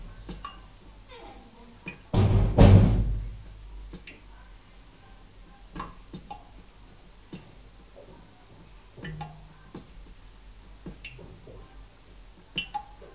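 A toilet flush roars up sharply around two seconds in, a loud low rush of water that fades out by about four seconds. Afterwards the tank refills quietly, with scattered clicks, taps and small gurgles recurring every second or two until the end.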